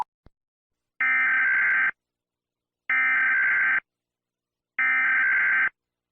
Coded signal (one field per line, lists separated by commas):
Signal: Emergency Alert System (SAME) tones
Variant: header bursts